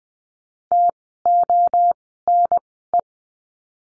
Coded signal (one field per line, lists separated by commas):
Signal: Morse code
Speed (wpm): 20 wpm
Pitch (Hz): 700 Hz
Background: none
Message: TONE